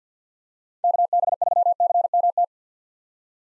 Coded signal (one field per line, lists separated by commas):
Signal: Morse code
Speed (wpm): 50 wpm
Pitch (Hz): 700 Hz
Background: none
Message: KB3CMT